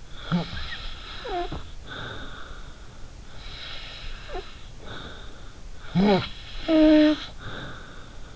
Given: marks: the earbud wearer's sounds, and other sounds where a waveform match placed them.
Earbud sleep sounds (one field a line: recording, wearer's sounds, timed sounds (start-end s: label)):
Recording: sounds in sleep by an in-ear microphone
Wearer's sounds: snoring breath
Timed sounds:
0.13-2.86 s: snoring breath
3.41-5.48 s: snoring breath
5.83-8.36 s: snoring breath